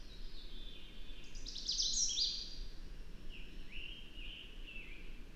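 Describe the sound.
Bird song: a bright, high twittering burst in the middle, then a series of lower, slurred whistled notes, over a steady low rumble of background noise.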